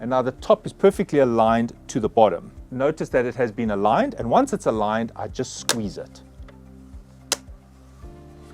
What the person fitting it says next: You'll hear some clicking sounds.